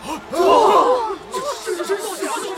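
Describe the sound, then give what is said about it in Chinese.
The audience in the stands of a tournament match bursts into loud exclamations of surprise as Tang San suddenly flies into the air: many voices in rising and falling pitched cries that peak early, then settle into a softer, scattered murmur of overlapping reactions. “唐三突然腾空飞起，顿时引来观众席一阵惊呼。”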